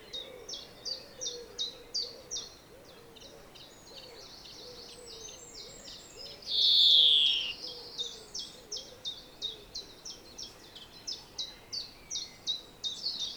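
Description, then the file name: European greenfinch trilling in steady rhythmic bursts with one long buzzy wheeze midway; low curving notes from another bird beneath. "Chloris chloris"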